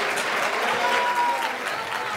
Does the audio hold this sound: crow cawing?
no